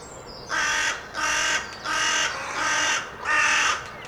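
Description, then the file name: Carrion crow uttering five harsh, drawn-out caws, nearly continuous with short gaps between them. "Corvus corone"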